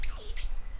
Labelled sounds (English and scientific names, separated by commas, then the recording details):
Stitchbird (Notiomystis cincta) song
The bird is a male
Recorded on Tiritiri Matangi Island, New Zealand, in 2005
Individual 12, of nest box 16